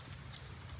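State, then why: Not seated. A dash cam housing is handled against the rear-view mirror mount of a Ford Lightning, with a steady low hum throughout and a brief high-pitched burst around 0.4 s. Nothing has seated or clicked yet.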